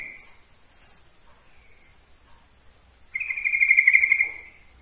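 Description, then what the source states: Yellow-vented bulbul song: a brief trill at the start, quiet, then a loud rapid trill lasting over a second on an even pitch. Trucukan song, for masteran training.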